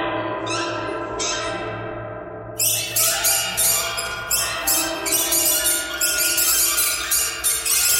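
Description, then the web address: Bird starting with a few thin calls, then breaking into loud, rapid, buzzy squawking bursts that continue steadily to the end. "soundfactory birds birds birds thread buzz all"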